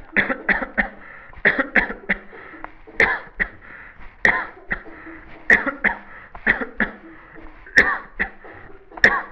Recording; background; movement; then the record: voluntary coughing; a bystander coughing; sitting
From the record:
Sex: male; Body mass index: 22.0 kg/m2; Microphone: on the chest, facing the body